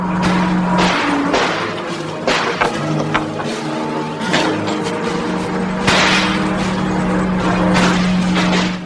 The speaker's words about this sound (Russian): Машина пробивает ограждение.